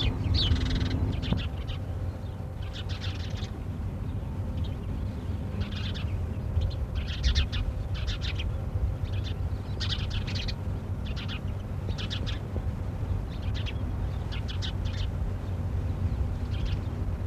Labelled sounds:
Spanish Sparrow call
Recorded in the wild
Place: Langadas, GR
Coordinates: 40.7325, 23.1203
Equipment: Halbspur, 9,5 cm/s
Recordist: Lütgens, Hans

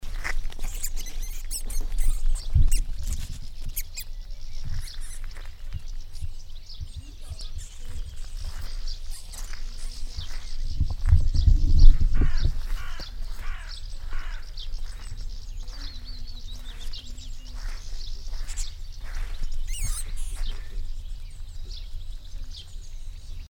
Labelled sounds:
Common Vole
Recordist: Frommolt, Karl-Heinz
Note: Rufe eines Tieres, das von Katze erfasst wurde

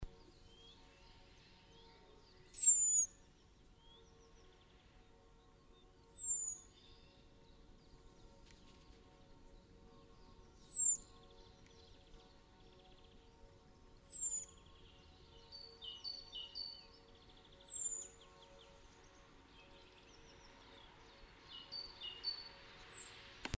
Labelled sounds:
Common Blackbird call
Great Tit
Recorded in the wild
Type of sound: call
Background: Parus major
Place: Kaiserslautern, Rheinland-Pfalz, DE
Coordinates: 49.4247, 7.77889
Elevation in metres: 279
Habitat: garden
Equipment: Nagra IV
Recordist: Tretzel, Erwin
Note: Aufnahme April/Mai 1981, Garten, Kaiserslautern: Rufe "sieh"

